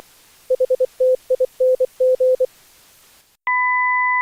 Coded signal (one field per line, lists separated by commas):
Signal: Morse code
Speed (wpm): 24 wpm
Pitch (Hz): 510 Hz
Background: none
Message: HTING